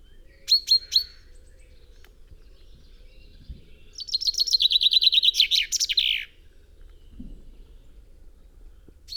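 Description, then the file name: Common chaffinch giving three sharp high notes, then after a pause a full song phrase of quick repeated chirps ending in a rattling flourish. "Fringilla coelebs"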